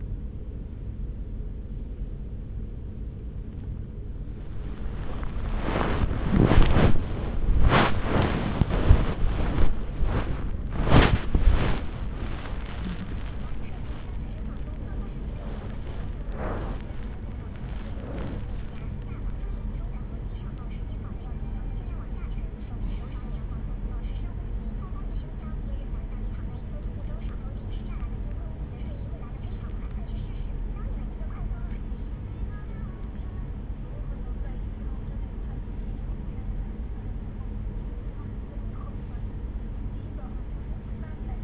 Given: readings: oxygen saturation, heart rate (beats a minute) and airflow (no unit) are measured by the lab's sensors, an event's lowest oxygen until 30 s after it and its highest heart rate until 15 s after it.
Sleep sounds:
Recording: a person awake in a sleep study, by a smartphone at the bedside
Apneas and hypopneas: none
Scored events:
0.00-41.44 s: awake
From the record:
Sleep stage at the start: awake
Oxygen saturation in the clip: 95 to 96%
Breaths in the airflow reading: 11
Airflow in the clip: -6.3 to 5.4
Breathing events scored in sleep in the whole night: 335 in 6.7 hours asleep

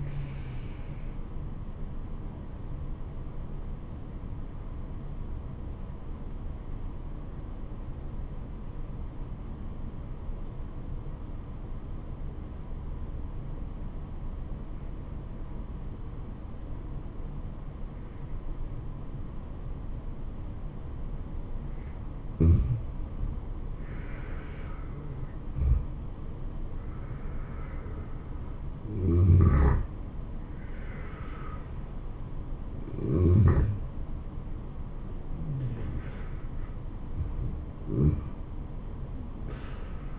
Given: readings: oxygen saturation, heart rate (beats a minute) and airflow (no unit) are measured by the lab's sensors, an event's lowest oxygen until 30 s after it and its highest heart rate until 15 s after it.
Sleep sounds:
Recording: breathing in sleep by a smartphone at the bedside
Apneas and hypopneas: 1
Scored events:
4.00-24.40 s: obstructive apnea (N2, oxygen 96% highest, then 88% lowest, heart rate 68 at the start, 75 highest)
From the record:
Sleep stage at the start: N2 (light sleep)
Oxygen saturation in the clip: 89 to 96%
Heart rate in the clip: 68 to 75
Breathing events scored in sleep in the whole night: 426 in 7.4 hours asleep

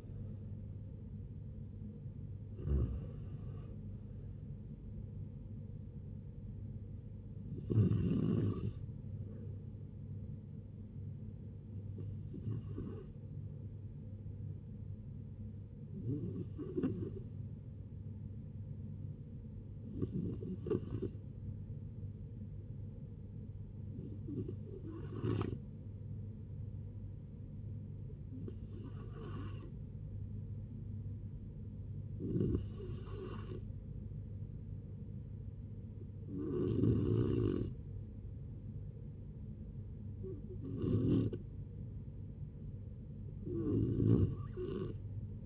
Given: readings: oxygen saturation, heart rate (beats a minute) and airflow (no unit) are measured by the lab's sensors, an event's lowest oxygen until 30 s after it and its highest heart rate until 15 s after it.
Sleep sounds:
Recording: a person awake in a sleep study, by a smartphone at the bedside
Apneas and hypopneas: none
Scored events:
0.00-45.46 s: awake
0.00-45.46 s: awake
From the record:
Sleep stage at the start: awake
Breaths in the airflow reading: 18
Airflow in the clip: -0.6 to 0.6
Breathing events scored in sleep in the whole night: 496 in 5.4 hours asleep

